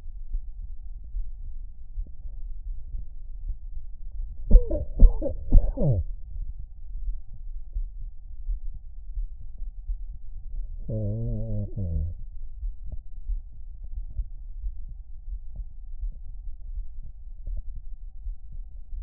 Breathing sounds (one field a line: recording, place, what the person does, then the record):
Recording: lung sounds by stethoscope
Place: right anterior apical chest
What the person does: quiet breathing, then cough and speech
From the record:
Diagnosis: COPD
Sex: male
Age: 59 years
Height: 175 cm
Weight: 73 kg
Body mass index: 23.8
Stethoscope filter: extended mode